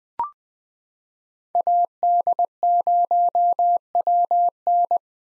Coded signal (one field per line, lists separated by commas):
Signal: Morse code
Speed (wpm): 20 wpm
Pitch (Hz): 700 Hz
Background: none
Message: AD0WN